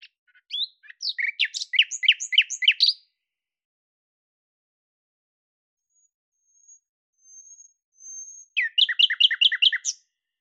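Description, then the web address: Bird song: a phrase of fast, varied chirps and trilled notes, a pause, a thin high whistle, then a rapid repeated note series at the end. "Deverinetal 2025"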